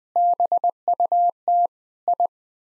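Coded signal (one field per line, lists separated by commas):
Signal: Morse code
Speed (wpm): 20 wpm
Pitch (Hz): 700 Hz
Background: none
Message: BUT I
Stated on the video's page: Morse code head-copy drill at 20 wpm of common seven-word groups, each sent, spoken, then sent again.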